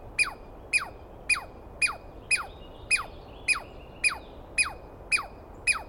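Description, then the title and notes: Douglas squirrel producing loud, strident downward-slurred chirps, about eleven in a row at a steady pace. Douglas pine squirrel screaming at length at dawn on the morning of 21 April 2017 in the East Cascades, startling the recordist awake; identified by sound, not clearly seen. "On the morning of 21 April, 2017, I set up my microphones and recorder for a nice dawn recording in the East Cascades. I was started awake by a screaming Douglas Pine Squirrel."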